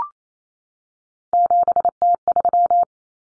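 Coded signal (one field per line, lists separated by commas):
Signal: Morse code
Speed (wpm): 28 wpm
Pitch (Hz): 700 Hz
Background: none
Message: 7T3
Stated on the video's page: Head-copy drill of three-digit numbers in cut numbers (T, A, N for 0, 1, 9) at 28 wpm, each sent, spoken, then sent again.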